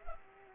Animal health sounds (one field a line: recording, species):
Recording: mosquito wingbeat signal from an infrared sensor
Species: Culex pipiens